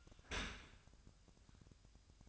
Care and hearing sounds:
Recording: daily activity, microphone in the room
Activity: open dishwasher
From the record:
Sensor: 2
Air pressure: 1004.5 hPa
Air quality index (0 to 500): 111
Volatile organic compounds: 3 ppm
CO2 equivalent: 1338 ppm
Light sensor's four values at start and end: 6/15/6/6 and 6/15/6/6

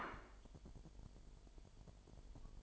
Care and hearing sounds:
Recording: daily activity, microphone in the room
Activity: place plate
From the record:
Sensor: 5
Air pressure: 1002.1 hPa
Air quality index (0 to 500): 223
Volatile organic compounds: 27 ppm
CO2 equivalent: 2897 ppm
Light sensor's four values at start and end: 10/25/10/11 and 10/25/10/11

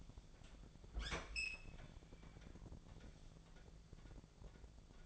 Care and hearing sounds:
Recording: daily activity, microphone in the room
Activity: open fridge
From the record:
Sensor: 5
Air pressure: 1000.2 hPa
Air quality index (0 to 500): 104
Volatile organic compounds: 1 ppm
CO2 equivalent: 836 ppm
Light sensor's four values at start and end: 231/548/234/256 and 234/553/237/259

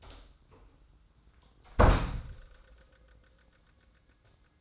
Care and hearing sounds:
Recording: daily activity, microphone in the room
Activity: close door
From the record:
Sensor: 3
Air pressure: 994.3 hPa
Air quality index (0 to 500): 207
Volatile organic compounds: 1000 ppm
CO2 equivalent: 6925 ppm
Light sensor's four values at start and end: 158/380/159/158 and 161/388/163/162

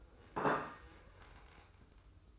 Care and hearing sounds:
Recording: daily activity, microphone in the room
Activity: place plate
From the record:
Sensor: 2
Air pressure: 995.0 hPa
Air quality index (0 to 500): 60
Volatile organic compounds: 2 ppm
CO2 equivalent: 1008 ppm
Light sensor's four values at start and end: 13/45/17/17 and 14/47/18/17

